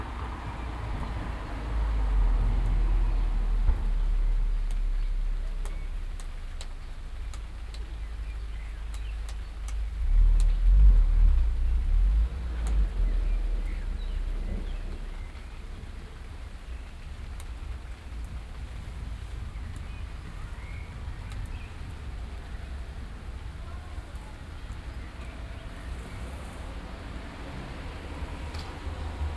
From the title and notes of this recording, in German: Gewitterstimmung. Ich sitze gerade auf dem Balkon. Es donnert. Autos fahren vorbei, Türen schletzen.